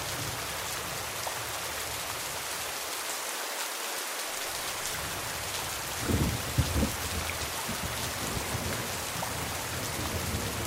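Rain falls steadily on a roof at night, a dense, even hiss of countless drops with a bright patter throughout. Around six to seven seconds a brief low rumble rises beneath the rain, like thunder, then fades back into the downpour.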